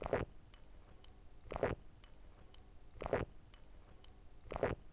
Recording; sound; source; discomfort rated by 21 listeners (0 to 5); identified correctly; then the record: sound for misophonia research; swallowing; oral or nasal; mean 2.62, standard deviation 1.63; in 42 of 42 trials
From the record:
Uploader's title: Swallowing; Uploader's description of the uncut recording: swallowing food swallowing your words swallowing liquids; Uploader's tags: esophagus, human, solids, swallowing, liquid, behavior